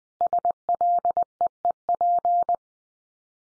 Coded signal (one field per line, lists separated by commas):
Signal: Morse code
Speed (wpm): 20 wpm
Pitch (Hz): 700 Hz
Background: none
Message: SLEEP